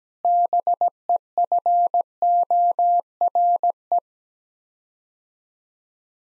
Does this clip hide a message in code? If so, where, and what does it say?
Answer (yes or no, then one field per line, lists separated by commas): yes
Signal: Morse code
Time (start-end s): 0.2-4.0 s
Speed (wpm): 17 wpm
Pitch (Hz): 700 Hz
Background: none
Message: BEFORE